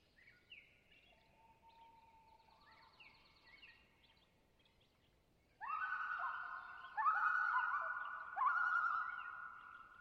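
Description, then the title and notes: Common loons bursting into a loud wavering tremolo halfway through, after quieter calls of other birds. Pair of loons giving tremolo calls on Long Lake, Talkeetna, Alaska; spring night at twilight on a boreal taiga lake with white spruce and moss; 49-61°F, light to no wind, humidity 31-52%. "Common Loon - Gavia Immer - pair tremolo. Location: Long Lake, Talkeetna, AK"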